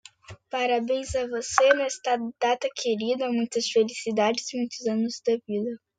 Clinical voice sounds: short text; Brazilian Portuguese; female; 40 to 49 years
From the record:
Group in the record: control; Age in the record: 42 years

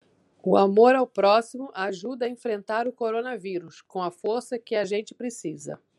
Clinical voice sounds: spoken sentence; Brazilian Portuguese; female; 50 to 59 years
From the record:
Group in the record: control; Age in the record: 52 years

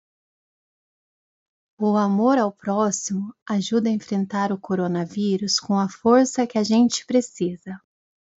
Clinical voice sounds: spoken sentence; Brazilian Portuguese; female; 30 to 39 years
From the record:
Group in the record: control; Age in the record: 35 years

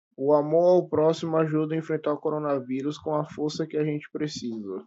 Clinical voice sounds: spoken sentence; Brazilian Portuguese; female; 20 to 29 years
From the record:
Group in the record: control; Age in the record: 21 years

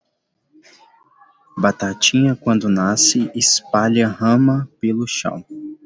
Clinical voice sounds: short text; Brazilian Portuguese; male; 20 to 29 years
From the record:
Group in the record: control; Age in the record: 22 years

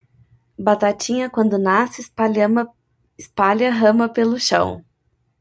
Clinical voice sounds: short text; Brazilian Portuguese; female; 30 to 39 years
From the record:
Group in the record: control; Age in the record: 36 years

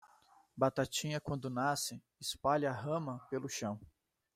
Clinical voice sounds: short text; Brazilian Portuguese; male; 30 to 39 years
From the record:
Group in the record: control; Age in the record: 36 years

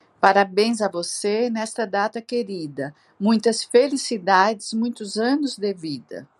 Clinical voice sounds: short text; Brazilian Portuguese; female; 60 to 69 years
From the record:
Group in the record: control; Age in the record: 64 years

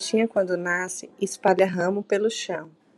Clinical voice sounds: short text; Brazilian Portuguese; female; 20 to 29 years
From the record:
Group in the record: control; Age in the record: 27 years

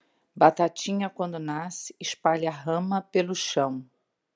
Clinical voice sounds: short text; Brazilian Portuguese; female; 50 to 59 years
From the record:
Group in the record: control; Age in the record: 57 years

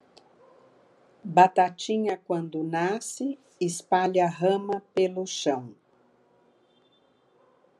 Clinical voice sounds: short text; Brazilian Portuguese; female; 60 to 69 years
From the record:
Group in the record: control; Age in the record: 64 years

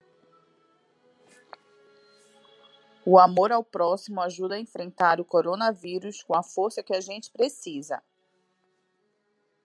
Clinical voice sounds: spoken sentence; Brazilian Portuguese; female; 40 to 49 years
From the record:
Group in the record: control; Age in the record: 40 years

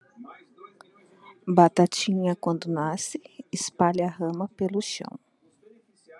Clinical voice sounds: short text; Brazilian Portuguese; female; 30 to 39 years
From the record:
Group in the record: control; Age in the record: 37 years

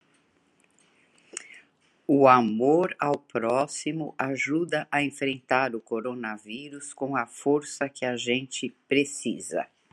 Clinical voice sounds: spoken sentence; Brazilian Portuguese; female; 60 to 69 years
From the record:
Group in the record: control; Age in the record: 67 years

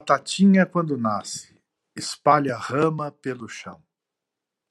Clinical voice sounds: short text; Brazilian Portuguese; male; 60 to 69 years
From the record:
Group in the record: control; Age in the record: 60 years

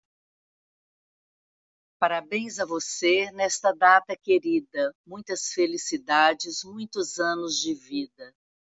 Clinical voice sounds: short text; Brazilian Portuguese; female; 60 to 69 years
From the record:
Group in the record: control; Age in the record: 66 years

